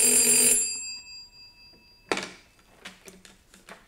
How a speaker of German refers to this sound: Genosse Hauptmann, die Warnanlage geht. Hören Sie?